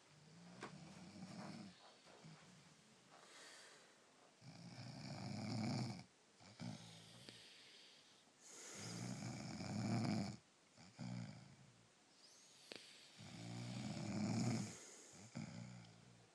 Snoring family.